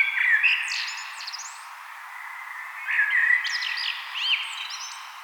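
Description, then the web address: Common blackbird song: two mellow whistled phrases, each followed by sharp high squeaky notes, with a soft pause between. "vogelstimmen amsel gesang nabu lars lachmann"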